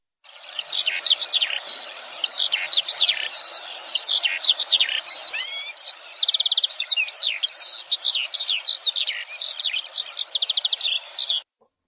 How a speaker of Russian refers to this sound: Жаворонок.